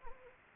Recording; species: mosquito wingbeat signal from an infrared sensor; Anopheles gambiae